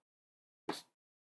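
A power cord is pushed into the rear power socket of a K1 Max 3D printer. A single short, broadband snap is heard at 0.7 s, with silence before and after. The cord seats in the inlet.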